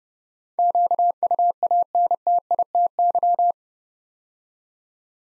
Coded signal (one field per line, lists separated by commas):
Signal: Morse code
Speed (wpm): 30 wpm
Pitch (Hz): 700 Hz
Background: none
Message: QUANTITY